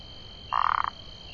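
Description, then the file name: Burmeister's leaf frog producing one brief pulsed, rattling croak lasting under half a second. "Phyllomedusa burmeisteri"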